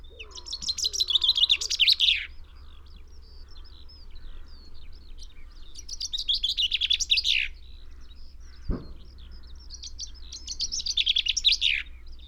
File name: Fringilla coelebs